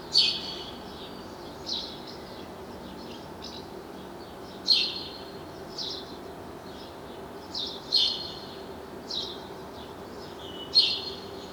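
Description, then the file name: House sparrow chirps, sharp single and paired notes every few seconds, with softer chirps between them over a quiet background hiss. "Passer domesticus"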